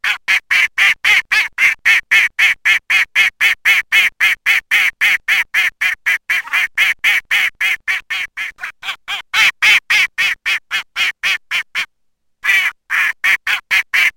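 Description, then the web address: Mallard calling in a rapid, regular train of nasal quacks, dipping slightly in loudness midway, one short silence, then the quacking resumes. Spring. "wiosna krzyzowka skrocona"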